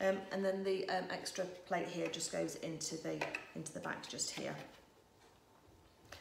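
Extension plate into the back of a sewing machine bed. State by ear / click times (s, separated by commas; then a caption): not seated / none. Someone talks while pushing the extension plate into the back of the free-arm bed of a JUKI MCS-1500N coverstitch machine. A faint knock is heard at about 6.1 s as the plate touches the machine, but it does not click or latch. The plate only holds in place.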